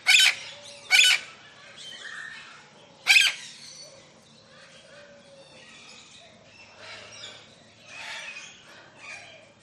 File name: zapsplat. tropical large avery parrots doves in bg one lilac crowned amazon parrot close up squawks